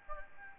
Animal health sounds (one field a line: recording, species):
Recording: mosquito wingbeat signal from an infrared sensor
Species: Aedes albopictus